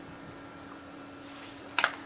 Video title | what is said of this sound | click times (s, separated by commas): How to upgrade your hard drive camcorder! | you got that snapped back in | 1.8 s